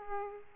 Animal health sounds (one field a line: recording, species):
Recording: mosquito wingbeat signal from an infrared sensor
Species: Aedes aegypti